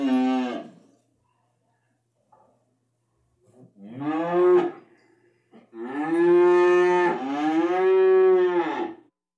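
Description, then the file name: Cow moos: a short moo, a second moo of about a second, then a long drawn-out lowing call lasting several seconds. Two cows mooing indoors. "Cow Two Interior Moos"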